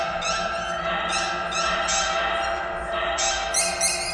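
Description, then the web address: Birds calling in harsh, descending squawks, several in quick succession and some very high, over continuous humming noise. "soundfactory birds"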